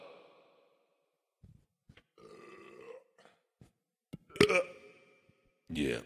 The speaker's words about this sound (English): Yeah. Blech. You didn't hear the beginning of that burp because I didn't let you.